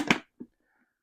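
The chin bar of an HJC V90 modular motorcycle helmet, just fitted with a Cardo Spirit comms unit, is closed down into its lock. A sharp, bright click at 0.1 s is followed by a softer, low thud at 0.4 s. The chin bar locks into place.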